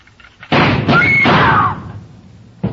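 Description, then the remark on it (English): A burst of loud gunshots fired through a door from outside: three quick blasts that run together into a rumbling, ringing tail, then a short lull and one more sharp shot. “the gun outside opened up.”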